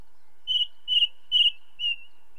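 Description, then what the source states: Ring ouzel song of four ringing, slightly buzzy piping notes evenly spaced about half a second apart, the last one softer. Ring ouzel song from the British Isles.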